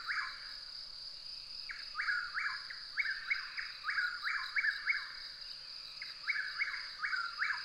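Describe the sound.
Bird calling with rapid clusters of sharp, descending chirps, pausing briefly between groups, while a steady shrill hum runs throughout.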